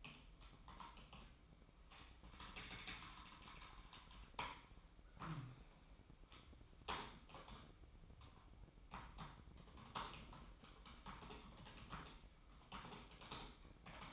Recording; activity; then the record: daily activity, microphone in the room; typing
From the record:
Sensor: 1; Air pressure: 1007.6 hPa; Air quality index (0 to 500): 79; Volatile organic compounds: 1 ppm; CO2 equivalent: 685 ppm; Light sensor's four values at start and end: 10/23/9/10 and 9/23/9/10